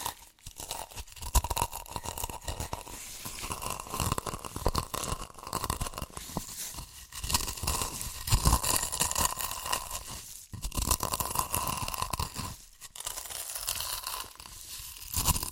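Crunchy chips being crushed and eaten, a dense, continuous crackling and crunching with brief pauses around ten and thirteen seconds.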